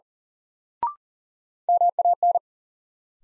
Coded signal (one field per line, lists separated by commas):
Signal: Morse code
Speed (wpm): 37 wpm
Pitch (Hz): 700 Hz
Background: none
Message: MAN